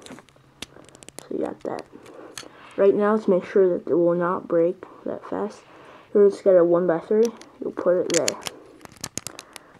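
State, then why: Seated. A 1x3 plastic building brick is pressed onto a brick-built anti-aircraft gun model to reinforce it so it will not break. Someone talks, then a cluster of sharp clicks ends the clip, and the brick seats with a press heard at 9.2 s, locking it in place.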